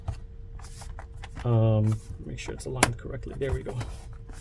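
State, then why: Not seated. The plastic bottom cover of a Lenovo Yoga C740 laptop is being aligned against the chassis while someone talks, with a few soft handling taps and light rubbing of the cover. Nothing has seated or clicked yet; the cover's clips have not snapped into the chassis.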